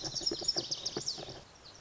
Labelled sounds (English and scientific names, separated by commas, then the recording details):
Lazuli Bunting (Passerina amoena)
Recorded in Sonoma County, California